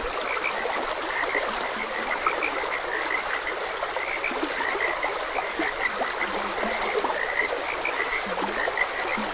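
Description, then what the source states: Many frogs croak together in a steady rattling chorus, a few deep low croaks scattered through, with running stream water beneath. Frogs croaking beside a gentle stream.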